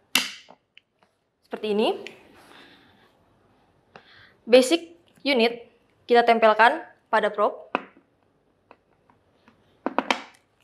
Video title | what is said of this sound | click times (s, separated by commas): Waygate Technologies - Everest Mentor Visual iQ VideoProbe™ - The Features | terdengar bunyi klik yang menandakan bahwa Prof sudah terkait pada basic unit dengan kuat | 9.9 s, 10.0 s, 10.1 s